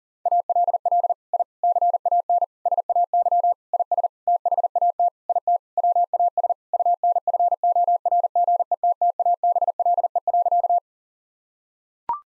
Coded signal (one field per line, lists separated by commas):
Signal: Morse code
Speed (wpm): 40 wpm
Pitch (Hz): 700 Hz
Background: none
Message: ALL I CAN SAY IS THAT IT WAS UNFORGETTABLE.